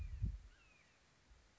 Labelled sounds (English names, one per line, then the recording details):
Red-shouldered Hawk
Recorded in Sonoma County, California